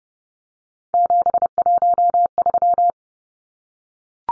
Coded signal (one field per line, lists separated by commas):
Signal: Morse code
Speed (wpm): 30 wpm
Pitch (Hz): 700 Hz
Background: none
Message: 713